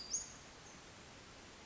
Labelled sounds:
Western Flycatcher
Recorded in Sonoma County, California

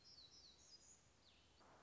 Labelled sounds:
Black-throated Gray Warbler
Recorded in Sonoma County, California

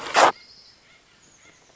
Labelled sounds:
Chestnut-backed Chickadee
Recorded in Sonoma County, California

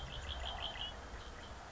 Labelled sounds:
Red-winged Blackbird
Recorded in Sonoma County, California

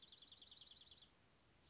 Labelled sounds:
Dark-eyed Junco
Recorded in Sonoma County, California

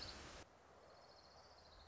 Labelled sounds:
Orange-crowned Warbler
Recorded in Sonoma County, California

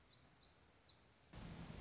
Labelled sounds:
Black-throated Gray Warbler
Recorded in Sonoma County, California

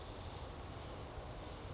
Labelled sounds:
Western Flycatcher
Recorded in Sonoma County, California

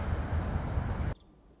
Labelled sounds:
Nuttall's Woodpecker
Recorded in Sonoma County, California

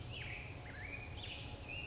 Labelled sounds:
California Towhee
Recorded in Sonoma County, California

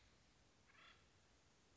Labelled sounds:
Acorn Woodpecker
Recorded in Sonoma County, California

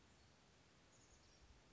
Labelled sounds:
Chestnut-backed Chickadee
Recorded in Sonoma County, California

